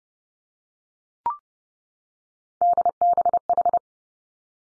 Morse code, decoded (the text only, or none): DBH